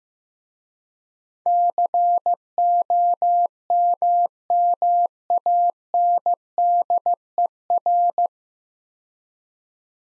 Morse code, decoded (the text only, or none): COMMANDER